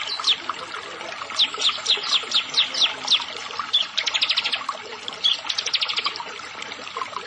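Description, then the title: Prinia song: a series of sharp high notes spaced evenly, then quicker rattling bursts of rapid clicks, repeated over several seconds. "Ciblek Sawah"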